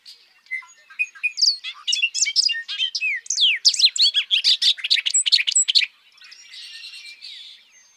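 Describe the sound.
Bobolink song: a tumbling, rapid cascade of tinkling, banjo-like notes lasting about five seconds, trailing off into faint background chatter.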